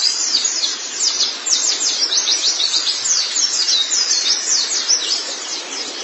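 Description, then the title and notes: White-eye song: fast, high-pitched twittering in bright, sweeping downslurred notes that run almost without pause. "Kicauan Burung Pleci Durasi Panjang. Suara kicauan burung pleci"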